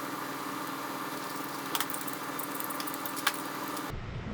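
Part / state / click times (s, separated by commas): shroud fastener into small engine block / stripped / none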